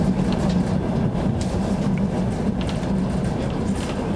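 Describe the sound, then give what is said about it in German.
A Trans-Siberian Railway train rolls steadily along the rails on the way to Krasnoyarsk, with a dense, continuous low rumble and faint rhythmic clatter, occasional light squeaks and clicks above it, and no voices. “In der transsibirischen Eisenbahn fahren wir in die Stadt, in deren Nähe der Energieversorger NBW angeblich plante, seinen Atommüll zu entsorgen.”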